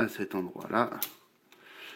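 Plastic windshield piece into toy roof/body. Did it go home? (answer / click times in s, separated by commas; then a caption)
yes / 1.5 s. The plastic windshield of a toy figure's vehicle mode is clipped into place on the roof and body as the roof is brought down. Someone talks, then a short, sharp click is heard at 1.5 seconds as the windshield seats.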